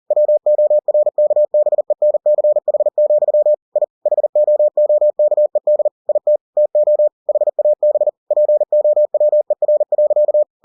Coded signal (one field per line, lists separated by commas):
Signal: Morse code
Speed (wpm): 40 wpm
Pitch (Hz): 600 Hz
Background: none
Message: WORKBENCH, I HOOKED IT TO HAB POWER.